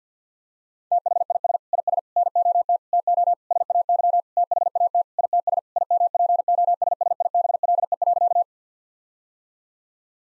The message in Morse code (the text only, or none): THIS IS NOT TO SAY THAT ITS IMPOSSIBLE.